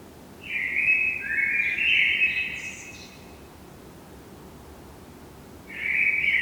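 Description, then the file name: Common blackbird song: a fluting warbled phrase ending in a thin high twitter, then a pause and another mellow phrase starting. "Turdus merula"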